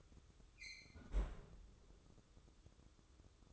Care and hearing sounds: daily activity, microphone in the room; close fridge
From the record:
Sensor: 3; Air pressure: 995.2 hPa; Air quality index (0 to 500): 78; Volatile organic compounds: 6 ppm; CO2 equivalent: 1863 ppm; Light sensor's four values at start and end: 20/58/25/21 and 20/58/25/21

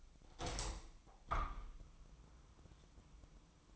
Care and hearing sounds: daily activity, microphone in the room; open window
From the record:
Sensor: 1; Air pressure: 1004.6 hPa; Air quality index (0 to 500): 120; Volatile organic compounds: 4 ppm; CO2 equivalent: 1672 ppm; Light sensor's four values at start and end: 8/21/8/9 and 9/21/8/9

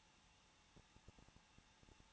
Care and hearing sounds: daily activity, microphone in the room; no activity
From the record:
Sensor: 1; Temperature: 20.1 degrees Celsius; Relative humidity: 39.1%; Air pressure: 1006.4 hPa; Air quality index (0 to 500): 216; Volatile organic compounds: 74 ppm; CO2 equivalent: 3552 ppm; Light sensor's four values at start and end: 1/2/1/1 and 1/2/1/1

